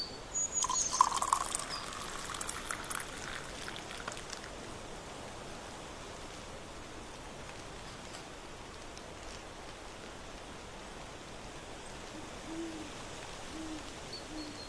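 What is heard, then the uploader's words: Outdoors on a porch in autumn, a low steady hiss fills the whole fifteen seconds. In the first four seconds a few short chirps and a louder rustling burst stand out, then it settles into quiet background noise, with a faint call near twelve seconds. Breakfast vibes on the porch in autumn. Warm days, birdsong, crunchy leaves, flipping books.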